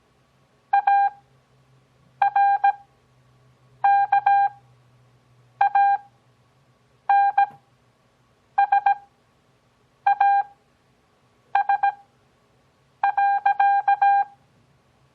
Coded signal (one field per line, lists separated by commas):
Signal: Morse code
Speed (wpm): 17 wpm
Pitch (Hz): 800 Hz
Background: none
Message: ARKANSAS.